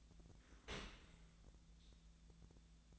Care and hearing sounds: daily activity, microphone in the room; open dishwasher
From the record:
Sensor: 3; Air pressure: 1000.5 hPa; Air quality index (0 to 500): 175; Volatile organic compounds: 3 ppm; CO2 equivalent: 1514 ppm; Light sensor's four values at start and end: 15/38/15/17 and 15/38/15/17

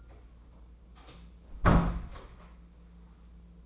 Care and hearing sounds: daily activity, microphone in the room; close door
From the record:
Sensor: 1

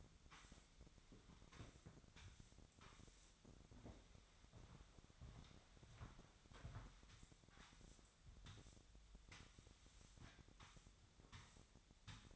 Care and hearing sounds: daily activity, microphone in the room; sweep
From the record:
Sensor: 3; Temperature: 25.7 degrees Celsius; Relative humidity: 37.5%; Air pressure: 1006.9 hPa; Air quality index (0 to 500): 204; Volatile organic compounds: 18 ppm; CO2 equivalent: 2612 ppm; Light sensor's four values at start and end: 11/25/10/10 and 11/25/10/10

